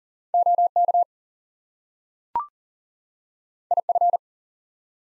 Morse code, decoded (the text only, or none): OK IF